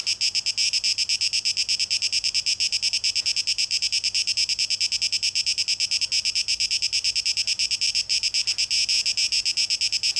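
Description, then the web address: Cicada droning in a shrill, high, pulsating buzz, the rhythm steady and the sound unbroken from start to finish. Recorded 12 August 2023; tape echo mix. "rauschpartikel Audio 2023-08-12 Zikaden (Tape Echo Mix)"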